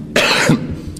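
Adult man coughs during a televised address. It is not a COVID-19 cough: he caught the cough from his daughter a couple of days earlier, was tested, and is fine.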